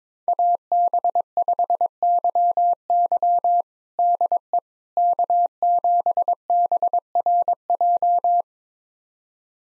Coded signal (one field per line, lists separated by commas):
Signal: Morse code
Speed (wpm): 22 wpm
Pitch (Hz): 700 Hz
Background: none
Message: AB5YY DE K7BRJ